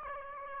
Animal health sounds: mosquito wingbeat signal from an infrared sensor; Aedes aegypti

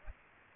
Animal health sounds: mosquito wingbeat signal from an infrared sensor; Aedes aegypti

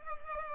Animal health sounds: mosquito wingbeat signal from an infrared sensor; Culex pipiens

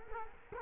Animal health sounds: mosquito wingbeat signal from an infrared sensor; Culex quinquefasciatus

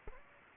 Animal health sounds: mosquito wingbeat signal from an infrared sensor; Aedes aegypti

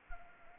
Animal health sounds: mosquito wingbeat signal from an infrared sensor; Anopheles gambiae

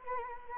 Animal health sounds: mosquito wingbeat signal from an infrared sensor; Anopheles arabiensis

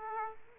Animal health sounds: mosquito wingbeat signal from an infrared sensor; Aedes aegypti

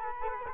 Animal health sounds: mosquito wingbeat signal from an infrared sensor; Culex quinquefasciatus

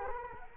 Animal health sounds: mosquito wingbeat signal from an infrared sensor; Culex quinquefasciatus

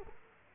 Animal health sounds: mosquito wingbeat signal from an infrared sensor; Culex quinquefasciatus

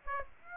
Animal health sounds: mosquito wingbeat signal from an infrared sensor; Aedes aegypti

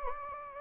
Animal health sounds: mosquito wingbeat signal from an infrared sensor; Anopheles gambiae

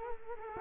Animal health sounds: mosquito wingbeat signal from an infrared sensor; Culex quinquefasciatus

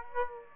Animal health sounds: mosquito wingbeat signal from an infrared sensor; Aedes aegypti

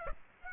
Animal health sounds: mosquito wingbeat signal from an infrared sensor; Aedes aegypti

